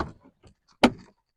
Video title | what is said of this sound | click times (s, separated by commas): Hercules Operational Video | so you put it back in make sure that's closed and then just slide it in and you will hear a click | 0.8 s